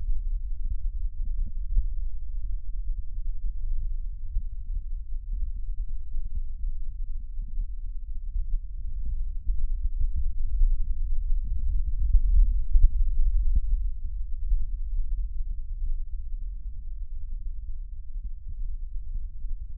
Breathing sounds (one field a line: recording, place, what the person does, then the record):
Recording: lung sounds by stethoscope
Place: left posterior basal chest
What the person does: quiet breathing, then deep breathing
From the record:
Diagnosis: COPD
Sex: male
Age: 57 years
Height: 165 cm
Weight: 85.7 kg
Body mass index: 31.5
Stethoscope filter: bell mode